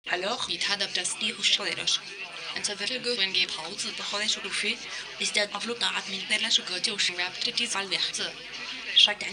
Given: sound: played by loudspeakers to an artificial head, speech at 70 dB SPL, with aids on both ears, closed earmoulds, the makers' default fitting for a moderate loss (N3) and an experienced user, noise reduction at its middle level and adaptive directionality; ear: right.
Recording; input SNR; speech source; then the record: speech test signal (ISTS) in cocktail-party noise; +9 dB; in front (0 degrees)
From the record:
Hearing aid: class 2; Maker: A